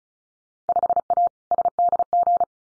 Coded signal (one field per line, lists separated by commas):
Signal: Morse code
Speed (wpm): 36 wpm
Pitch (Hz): 700 Hz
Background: none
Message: 5A SDG